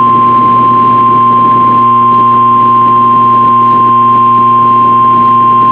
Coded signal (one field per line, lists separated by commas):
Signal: Emergency Alert System (SAME) tones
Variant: 1050 Hz attention tone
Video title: CRP Required Weekly Test on WXK26 & KBNL (EAS 577-578) - 06/22/2022